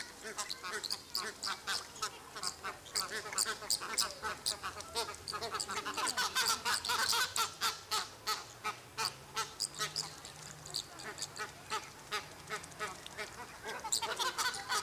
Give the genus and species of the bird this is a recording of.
Phoenicopterus chilensis